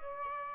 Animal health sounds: mosquito wingbeat signal from an infrared sensor; Aedes aegypti

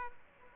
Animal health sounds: mosquito wingbeat signal from an infrared sensor; Aedes aegypti

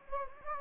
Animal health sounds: mosquito wingbeat signal from an infrared sensor; Anopheles gambiae

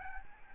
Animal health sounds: mosquito wingbeat signal from an infrared sensor; Aedes albopictus

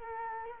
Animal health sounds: mosquito wingbeat signal from an infrared sensor; Culex quinquefasciatus

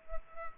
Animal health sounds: mosquito wingbeat signal from an infrared sensor; Culex pipiens

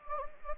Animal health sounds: mosquito wingbeat signal from an infrared sensor; Anopheles gambiae

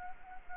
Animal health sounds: mosquito wingbeat signal from an infrared sensor; Anopheles gambiae

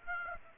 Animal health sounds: mosquito wingbeat signal from an infrared sensor; Aedes aegypti

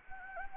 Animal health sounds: mosquito wingbeat signal from an infrared sensor; Anopheles gambiae

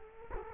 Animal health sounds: mosquito wingbeat signal from an infrared sensor; Culex quinquefasciatus

